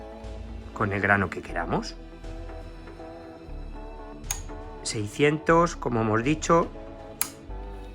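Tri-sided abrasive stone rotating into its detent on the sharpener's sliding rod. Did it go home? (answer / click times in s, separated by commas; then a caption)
yes / 7.2 s. Someone talks over background music while rotating the three-sided abrasive (diamond 320/600 and ceramic) on the sliding rod of a Work Sharp Precision Adjust knife sharpener. At 7.2 s the abrasive detents into its 320 grit face with a sharp click, seating it in that grit position.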